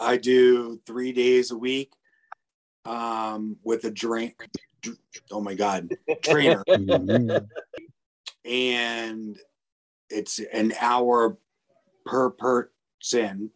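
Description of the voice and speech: Halting speech from an adult man with post-stroke aphasia, in short fragments separated by long pauses, with stretched sounds and repeated syllables.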